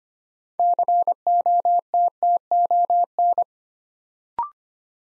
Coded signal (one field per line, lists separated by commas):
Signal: Morse code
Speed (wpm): 25 wpm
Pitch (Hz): 700 Hz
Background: none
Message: COTTON